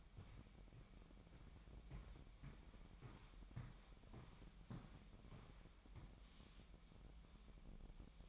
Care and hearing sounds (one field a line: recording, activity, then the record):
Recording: daily activity, microphone in the room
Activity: walk to room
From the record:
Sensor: 1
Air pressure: 1012.3 hPa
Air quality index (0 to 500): 201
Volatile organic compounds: 4 ppm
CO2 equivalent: 1615 ppm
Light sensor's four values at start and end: 78/187/79/83 and 76/180/77/81